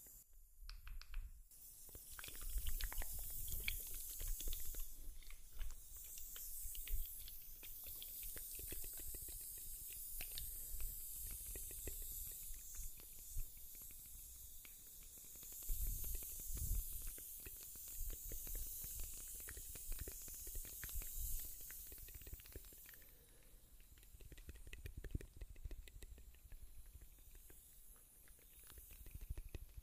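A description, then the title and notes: Mouth sounds run throughout, a dense stream of wet clicks and soft taps over a steady bright hiss, with occasional low breathy thumps. A sharp burst opens the first two seconds, and a faint echo trails the sounds. ASMR MOUTH SOUNDS. (Slight ECHO TINGLES).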